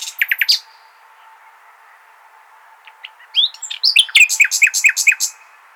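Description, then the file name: Common nightingale song: a short burst of sharp high notes, a pause, then a fast phrase of loud chirps and rapidly repeated clear notes. "Luscinia megarhynchos"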